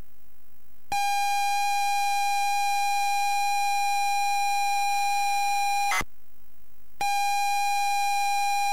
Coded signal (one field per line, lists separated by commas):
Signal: ZX Spectrum tape loading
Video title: ZX Spectrum 128k Knight Tyme